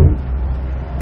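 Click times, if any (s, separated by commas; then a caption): none. A 2020 Jeep Wrangler in flat tow mode is pulled forward behind a motorhome while the telescoping steel arms of an etrailer SD non-binding tow bar extend toward the Jeep's base plate. A steady low-frequency rumble fills the whole second, with no sharp hits. Nothing has seated or clicked yet, and the arms are not yet locked.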